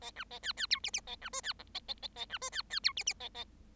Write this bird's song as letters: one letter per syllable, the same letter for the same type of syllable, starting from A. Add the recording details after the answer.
A B A C C D E E A B F C G A A A A B F C C D E E A A. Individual Bird7